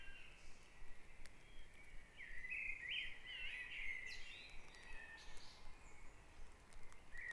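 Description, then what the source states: Bird song, a bright twittering warble bursting out in the middle, with softer chirps from other birds before and after. Dawn chorus at Back Dragon Avenue, Harrogate, part of the Sound Map of Harrogate.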